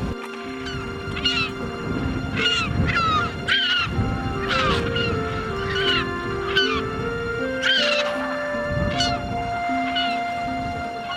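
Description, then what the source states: Penguins honking and braying in a colony: harsh harmonic calls repeated throughout, over a low hum. Adélie penguins nesting, with some gentoo penguin nests, at Brown Bluff, Antarctica.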